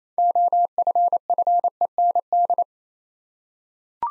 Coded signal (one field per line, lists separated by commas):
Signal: Morse code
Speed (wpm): 27 wpm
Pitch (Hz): 700 Hz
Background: none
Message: OFFEND